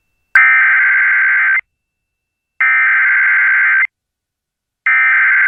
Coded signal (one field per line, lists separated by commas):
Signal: Emergency Alert System (SAME) tones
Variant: header bursts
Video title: Fred and the Buncha Floods | EAS Alerts from 8/17/21 (EAS #651-678)